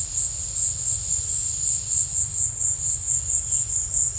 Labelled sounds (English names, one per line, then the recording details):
none
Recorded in secondary vegetation near Puerto Asís, Putumayo, Colombia, on 28 February 2025 at 16:30
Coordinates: 0.498, -76.327
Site G001